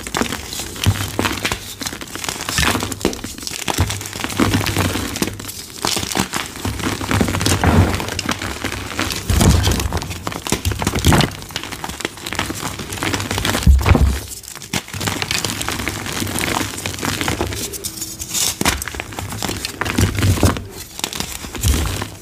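Dyed gym chalk is crushed in a steady run of dry, crispy crunches and crinkling sounds for the whole stretch. The crackle is dense and irregular, bright with gritty texture, under a low hum, with a few brief quieter gaps around 14 and 18 seconds.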